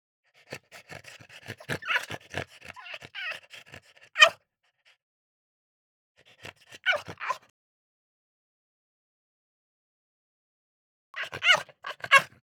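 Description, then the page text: French Bulldog yelping in rapid bursts for about four seconds, then two shorter bursts of yelps after pauses. "French Bulldog Yelp. Quick Sounds"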